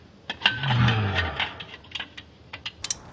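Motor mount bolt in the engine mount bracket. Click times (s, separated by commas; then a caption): 0.5 s. A wrench works on a motor mount bolt in the engine mount bracket of a Mazdaspeed3. A sharp metallic snap at 0.5 seconds marks the socket or bolt head slipping and rounding off, followed by about a second of low grinding rumble and a few light clicks. The bolt is stripped.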